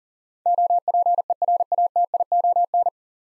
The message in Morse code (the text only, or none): OPERATION